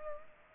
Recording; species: mosquito wingbeat signal from an infrared sensor; Culex pipiens